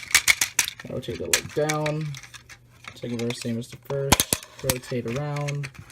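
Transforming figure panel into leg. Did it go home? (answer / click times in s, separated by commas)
yes / 0.6 s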